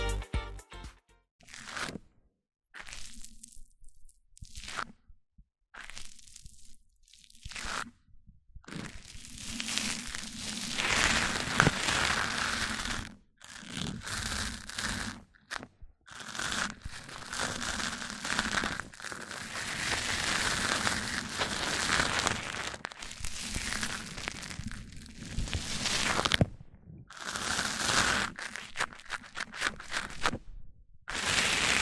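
Microphone-on-microphone rubbing, starting as short scratchy bursts separated by silent gaps, then settling after about nine seconds into long, dense crackling and crunchy scraping with a soft low hum underneath. Brief pauses break the texture around fifteen and twenty-six seconds.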